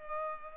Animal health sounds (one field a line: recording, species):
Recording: mosquito wingbeat signal from an infrared sensor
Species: Culex pipiens